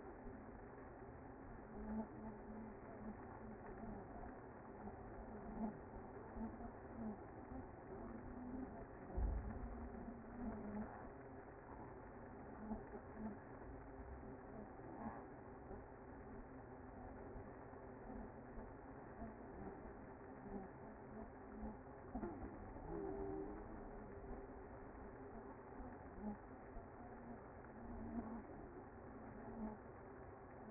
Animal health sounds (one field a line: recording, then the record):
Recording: honeybee colony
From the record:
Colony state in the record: active